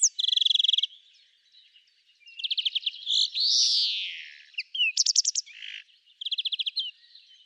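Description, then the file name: European greenfinch song, fast trilled rattles alternating with a long, drawn-out buzzy wheeze, then more rapid twittering trills. "Chloris chloris"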